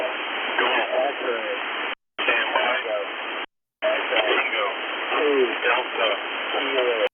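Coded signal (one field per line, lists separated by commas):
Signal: coded military voice message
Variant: US Emergency Action Message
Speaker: so here's a clip of the two emergency action messages broadcasting at the same time on the same frequency and it sounded like they were talking over each other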